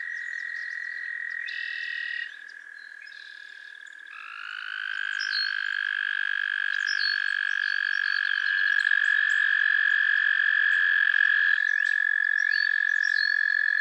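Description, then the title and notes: Frogs calling together in long, continuous trills that overlap and build in loudness, with occasional high sweeping chirps over the steady droning trill. A chorus of frogs calling to one another on a summer evening at Miners Marsh, Annapolis Valley, Nova Scotia. "Theraphonia - Frogsong at Miners Marsh. A chorus of frogs croon to one another on an idyllic summer evening in Miners Marsh, Annapolis Valley, Nova Scotia"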